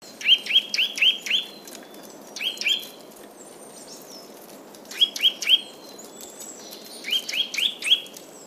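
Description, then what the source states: Eurasian nuthatch calling in bursts of two to four loud whistled notes, with faint high twitters behind. Recorded at a spring.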